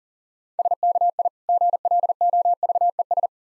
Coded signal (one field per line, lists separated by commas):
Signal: Morse code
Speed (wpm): 44 wpm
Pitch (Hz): 700 Hz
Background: none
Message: SKI GLOVES